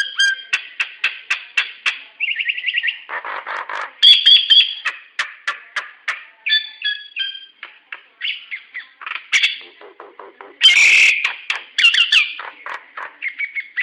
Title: Burung jalak nias